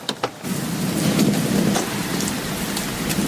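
Steady rain pours down in a dense, hissing wash with a low rumble underneath, preceded by a couple of sharp knocks at the start and scattered louder drips throughout.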